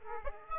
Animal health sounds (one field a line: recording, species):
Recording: mosquito wingbeat signal from an infrared sensor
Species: Aedes aegypti